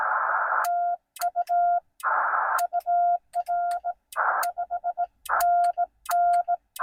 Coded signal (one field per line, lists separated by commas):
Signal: Morse code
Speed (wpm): 18 wpm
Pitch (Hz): 700 Hz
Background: none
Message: TU UR 5NN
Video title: Parks on the Air CW Newbie Activation: West Shawnigan Provincial Park CA-4281